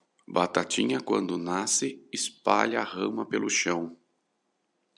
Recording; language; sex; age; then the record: short text; Brazilian Portuguese; male; 40 to 49 years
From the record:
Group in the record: control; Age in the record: 40 years